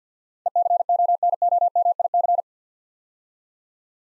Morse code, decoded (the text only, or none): ECONOMIC